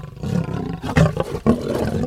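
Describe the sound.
Lion roaring: a deep, rough, sustained low rumble with throaty surges around one and one and a half seconds, continuing steadily to the end.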